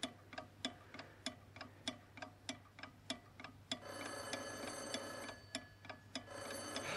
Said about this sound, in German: Der Sekundenzeiger. Wie der Sekundenzeiger weiterspringt. Wie ein Raubtier.